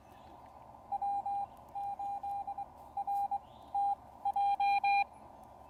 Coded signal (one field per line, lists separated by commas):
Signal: Morse code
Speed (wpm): 20 wpm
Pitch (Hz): 800 Hz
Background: none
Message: W8RTJ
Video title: The New Xiegu X6200: Real-World POTA Test on the Blue Ridge Parkway